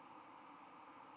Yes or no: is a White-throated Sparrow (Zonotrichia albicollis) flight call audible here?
no